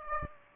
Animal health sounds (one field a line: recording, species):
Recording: mosquito wingbeat signal from an infrared sensor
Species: Aedes aegypti